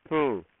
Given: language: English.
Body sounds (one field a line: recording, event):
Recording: throat vibration sensor signal played as sound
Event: speech